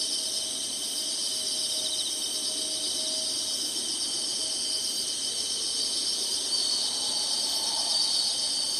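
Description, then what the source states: Insects keeping up a continuous shrill chorus. Singing insects in summer.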